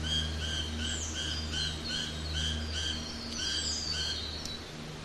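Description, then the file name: Forest birds singing in a quick run of repeated chirping notes over a low engine drone. Forest birds in a forest while a prop plane flies overhead. "zapsplat nature forest birds wind trees leaves fall prop plane fly overhead"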